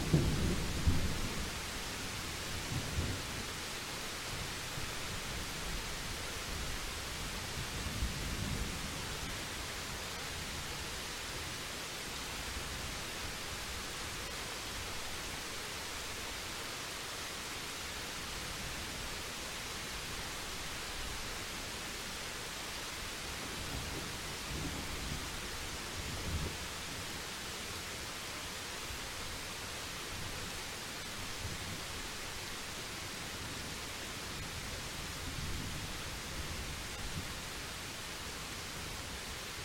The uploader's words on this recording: Thunderstorm Time Lapse: Capturing the Dynamic Nature of a Storm.